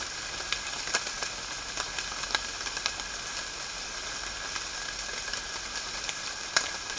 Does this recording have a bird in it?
no